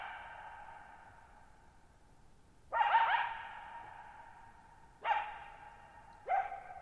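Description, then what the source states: Coyote barking three times, each bark leaving a long, reverberant tail. Lone coyote, night of July 14, 2019, Thirtymile Meadows, Okanogan National Forest, Pacific Northwest, 6400 ft; shallow-bowl meadow on dry high plateau, boggy ground, very low noise.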